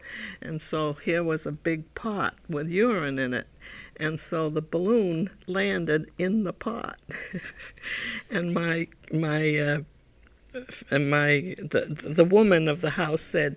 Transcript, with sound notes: And so here was a big pot with urine in it. And so the balloon landed in the pot (she laughs) and my, the woman of the house said,